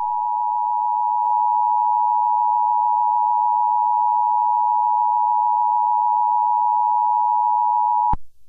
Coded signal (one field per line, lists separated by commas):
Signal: Emergency Alert System (SAME) tones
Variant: 853 and 960 Hz attention tone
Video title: Nuclear Attack 3: Our Worst Luck Yet... (EAS St. Patrick's Day Special)